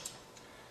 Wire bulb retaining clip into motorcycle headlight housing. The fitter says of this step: Goes to the bottom there, locks in place, holds the bulb in.